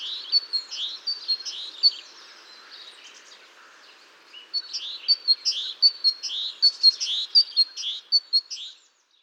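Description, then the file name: Great tit with a run of high paired chirps, a pause of about two and a half seconds, then a longer burst of the same repeated two-note pattern. "Parus major"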